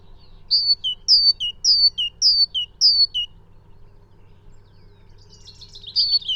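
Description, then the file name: Great tit singing five clear two-note phrases, a higher note dropping to a lower one, then a pause and a short burst of buzzy chattering notes. "Parus major"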